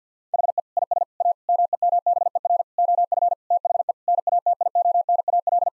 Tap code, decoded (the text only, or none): none